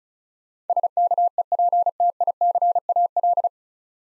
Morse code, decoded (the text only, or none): SKEPTICAL